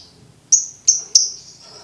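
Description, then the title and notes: Lovebird calls: three sharp, shrill squeaks in quick succession, over a faint low hum. For birds to learn the ngekek song style. "MASTERAN BURUNG. Belajar Ngekek. lofbet"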